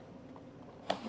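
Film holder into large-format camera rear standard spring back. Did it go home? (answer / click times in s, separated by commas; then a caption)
yes / 0.9 s. A film holder is slid in by hand, between thumb and forefinger, under the shock-cord spring back on the rear of a Standard 4x5 2.0 large-format camera. After a quiet stretch, a sharp click at 0.9 s shows the holder is fully seated.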